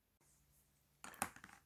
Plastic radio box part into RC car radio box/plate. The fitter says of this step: le montage de la boîte pour le montage de la platine ouais ça s'emboîte bien donc